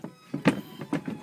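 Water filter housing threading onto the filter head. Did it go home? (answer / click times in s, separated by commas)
no / none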